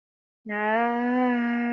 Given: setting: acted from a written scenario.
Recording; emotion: vocal sound without words; pain